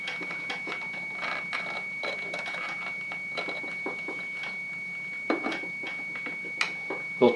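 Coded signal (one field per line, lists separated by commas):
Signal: 300-baud modem data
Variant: Bell 103 answer tone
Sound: a continuous high steady whistle with voices and handling noises over it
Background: speech and handling noise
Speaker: can hear now the remote Bell 103 answer frequency we will place handset in the Livermore acoustic coupler will turn on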